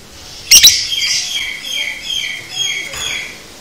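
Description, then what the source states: Lovebird giving one sharp shriek, then a steady run of soft, harmonic twittering and chattering notes. Masteran (training audio) for teaching a lovebird the konslet chatter style.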